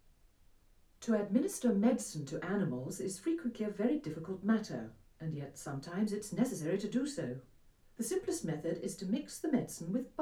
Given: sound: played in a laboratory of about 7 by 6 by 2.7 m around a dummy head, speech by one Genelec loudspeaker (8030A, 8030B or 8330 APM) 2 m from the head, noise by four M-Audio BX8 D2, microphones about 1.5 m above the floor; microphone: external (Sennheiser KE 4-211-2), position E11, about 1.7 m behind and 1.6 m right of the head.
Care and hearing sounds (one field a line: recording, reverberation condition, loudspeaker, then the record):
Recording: female speech in English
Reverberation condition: low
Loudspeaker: 90 degrees to the left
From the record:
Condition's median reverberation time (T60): about 310 ms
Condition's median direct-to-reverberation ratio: about 3.5 dB